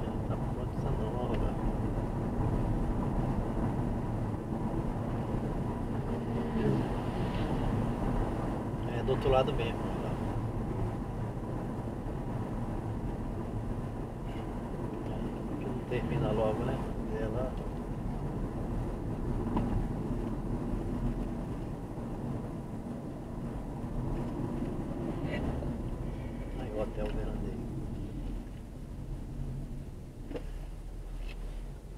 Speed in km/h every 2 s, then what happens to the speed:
72, 73, 73, 72, 71, 72, 71, 67, 65, 63, 60, 58, 49, 29, 18, 15.
0-11 steady at about 72. 11-32 slows to 15.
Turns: none.